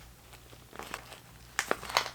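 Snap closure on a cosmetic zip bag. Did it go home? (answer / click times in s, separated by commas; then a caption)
no / none. Someone tries to close the snap closure on a small fabric cosmetic zip bag, and the bag crinkles throughout. Soft rustles are followed by sharper taps at about 1.6, 1.7 and 2.0 seconds. The snap fails to catch, and nothing has clicked or seated.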